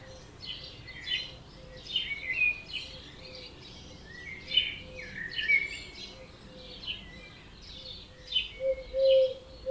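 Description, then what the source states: Birds singing at dawn, high chirps and short warbled phrases overlapping, while a lower soft hooting note repeats steadily beneath them. Dawn chorus recorded at 4am in Oberhofen, Inntal, Austria; binaural recording, best heard with headphones.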